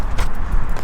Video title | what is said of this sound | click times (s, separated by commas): I Think RAM Screwed Up This Accessory For Some Of Us - Installing My Winter Grill Cover, Worth It? | and again same thing just push them on until you hear like a clicking sound like that | 0.2 s, 0.8 s